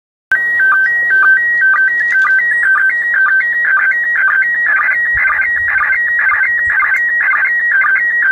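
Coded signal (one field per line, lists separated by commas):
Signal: SSTV (slow-scan television)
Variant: PD 120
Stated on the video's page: SSTV images received from the International Space Station during an overhead pass.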